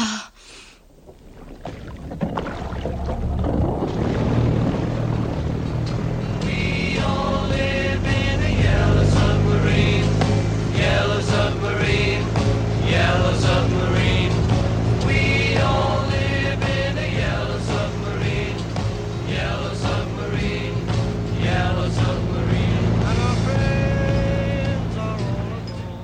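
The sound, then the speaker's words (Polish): A sound effect of a yellow submarine's engine as it travels along a street in a Polish Radio Trójka drama: a steady, deep mechanical drone with churning, bubbly, warbling textures layered above it, swelling in quickly and running loud and continuous throughout, with no talking. “Pierwszy raz płynęłam łodzią po ulicy. No bo to podwodna łódź, żółta.”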